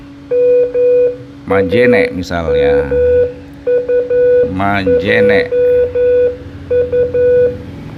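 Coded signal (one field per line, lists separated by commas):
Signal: Morse code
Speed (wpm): 11 wpm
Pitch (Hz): 490 Hz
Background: speech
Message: MAMUJU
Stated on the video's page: Morse from an ARDF fox-hunting beacon.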